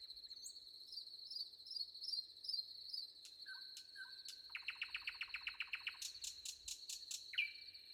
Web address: audio nightingale wind crickets